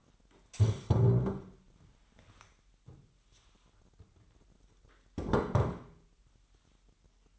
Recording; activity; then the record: daily activity, microphone in the room; stand up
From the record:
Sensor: 3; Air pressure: 998.5 hPa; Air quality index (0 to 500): 132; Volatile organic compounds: 4 ppm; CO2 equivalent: 1572 ppm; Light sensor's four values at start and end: 9/20/8/9 and 10/22/9/10